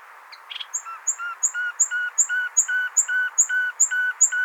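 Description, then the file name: Common nightingale giving a steady series of repeated two-part notes, a low whistle paired with a high thin note, about two or three per second. "Luscinia megarhynchos"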